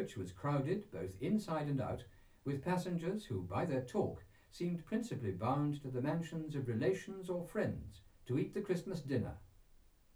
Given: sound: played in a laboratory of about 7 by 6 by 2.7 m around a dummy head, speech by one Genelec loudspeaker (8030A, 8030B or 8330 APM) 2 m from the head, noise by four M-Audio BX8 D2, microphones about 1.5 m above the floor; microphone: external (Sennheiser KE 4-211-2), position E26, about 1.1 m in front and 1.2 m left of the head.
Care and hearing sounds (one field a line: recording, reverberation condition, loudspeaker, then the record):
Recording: male speech in English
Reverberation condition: low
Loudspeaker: 120 degrees to the right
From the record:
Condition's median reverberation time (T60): about 310 ms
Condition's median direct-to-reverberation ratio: about 3.5 dB